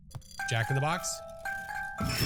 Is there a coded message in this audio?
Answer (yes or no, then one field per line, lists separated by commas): no